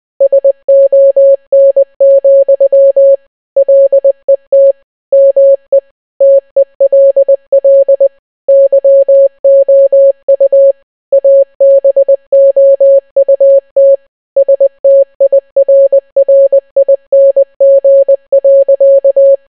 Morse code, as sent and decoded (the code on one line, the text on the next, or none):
... --- -. --..-- / .-.. . - / -- . / - . .-.. .-.. / -.-- --- ..- / .- -... --- ..- - / ... - .. .-. .-. .. -. --. .-.-.-
SON, LET ME TELL YOU ABOUT STIRRING.